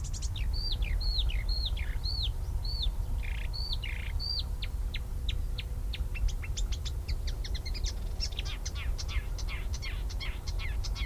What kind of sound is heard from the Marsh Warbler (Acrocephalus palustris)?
song